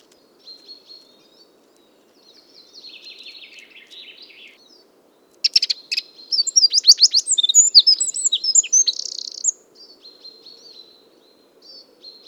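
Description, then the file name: Eurasian wren with a loud burst of rapid high trills and sharp notes in the middle, quieter high warbling before and after; faint low hum throughout. "Troglodytes troglodytes"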